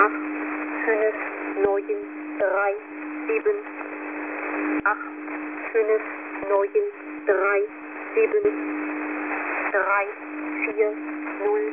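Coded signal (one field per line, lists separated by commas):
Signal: numbers station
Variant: G06, German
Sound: female voice reading single digits at steady pace over radio noise and hum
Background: radio static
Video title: Russian Number Station G06 - German Lady 00000 - "Fake-Message" with XP shutdown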